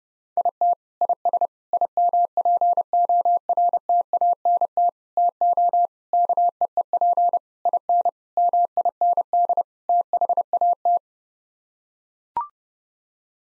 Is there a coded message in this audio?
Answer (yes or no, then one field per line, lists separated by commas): yes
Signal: Morse code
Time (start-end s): 0.4-11.0 s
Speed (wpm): 30 wpm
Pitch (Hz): 700 Hz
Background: none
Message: IT IS IMPORTANT TO KEEP IN MIND THAT